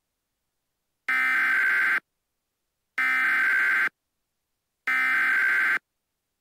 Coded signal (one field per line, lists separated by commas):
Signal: Emergency Alert System (SAME) tones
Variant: header bursts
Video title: EAS Scenario #12: The Frozen Abyss (750 Sub Special)